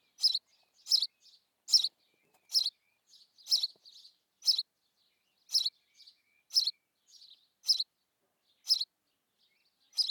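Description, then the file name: House sparrow chirping in a regular series, harsh notes with soft short twitters between. "Passer domesticus"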